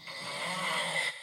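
A single loud snore lasting about a second: a harsh, rasping breath with a low buzzing undertone. It is ordinary snoring from a sleeping adult, the noise of soft tissue in the throat vibrating during breathing.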